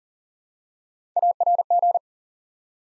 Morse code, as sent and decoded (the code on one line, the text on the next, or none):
.- .-. --.
ARG